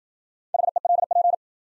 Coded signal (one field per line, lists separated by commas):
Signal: Morse code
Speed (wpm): 53 wpm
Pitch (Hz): 700 Hz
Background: none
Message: HELP